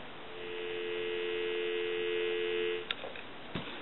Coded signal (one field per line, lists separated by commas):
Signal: telephone call progress tone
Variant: North America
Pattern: dial tone